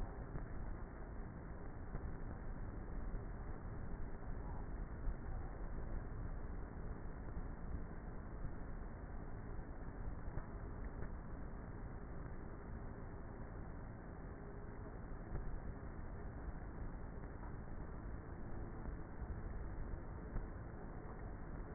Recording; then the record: honeybee colony, microphone inside the hive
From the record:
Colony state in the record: queenless with a low population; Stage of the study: before two queens were removed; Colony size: about 30,000 bees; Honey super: no